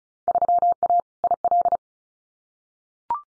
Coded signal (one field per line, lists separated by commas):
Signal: Morse code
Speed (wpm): 34 wpm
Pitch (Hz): 700 Hz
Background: none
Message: 3A IL